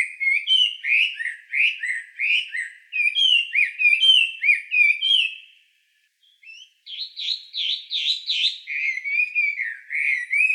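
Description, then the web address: Bird song: rapid high warbled phrases of slurred, chirping notes, a brief pause, then more quick twittering and whistled slurs continuing steadily. 21 May 2017. "birdenaga gabityou"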